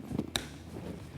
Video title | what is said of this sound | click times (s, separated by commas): How to Spray a Bed Liner & Floor Pan Coating - POR15 Bed Liner with Kevin Tetz at Eastwood | when you hear the pop you you know it has released the Catalyst inside the rest of the coating so then | 0.4 s